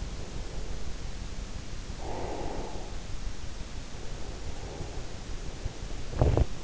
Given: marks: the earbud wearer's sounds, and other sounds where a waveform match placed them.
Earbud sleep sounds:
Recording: sounds in sleep by an in-ear microphone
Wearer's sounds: breath, teeth grinding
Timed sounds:
1.94-4.63 s: breath
5.96-6.63 s: teeth grinding

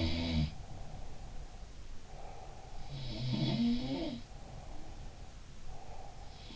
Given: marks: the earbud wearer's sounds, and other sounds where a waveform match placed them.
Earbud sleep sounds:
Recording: sounds in sleep by an in-ear microphone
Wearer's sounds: breath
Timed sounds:
0.00-4.31 s: sound from someone else or the room
0.46-2.94 s: breath
4.34-6.55 s: breath

